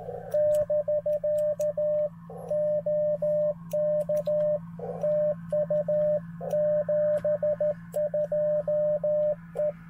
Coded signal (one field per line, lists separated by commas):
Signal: Morse code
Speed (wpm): 13 wpm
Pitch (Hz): 600 Hz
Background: radio noise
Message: <BK> OK TU 72 E